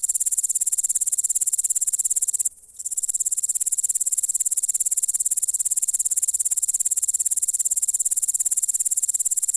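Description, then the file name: Grasshopper song, a continuous high rasping trill of rapid regular pulses, broken by one short pause partway through. "zvuki kuznechika"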